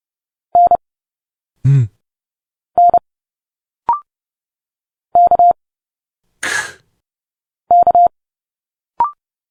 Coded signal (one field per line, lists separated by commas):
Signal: Morse code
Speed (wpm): 30 wpm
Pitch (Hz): 700 Hz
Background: none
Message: N N K K